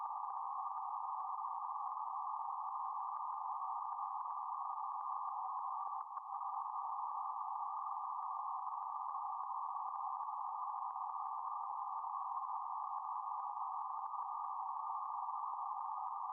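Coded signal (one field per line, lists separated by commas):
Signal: PSK31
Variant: BPSK31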